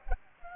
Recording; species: mosquito wingbeat signal from an infrared sensor; Culex pipiens